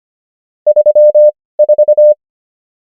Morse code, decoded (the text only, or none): 34